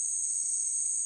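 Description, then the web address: Cricket chorus, a continuous shrill high-pitched drone holding an even level throughout, over a faint lower steady tone. Crickets recorded at night. "the-sound-pack-tree -night crickets"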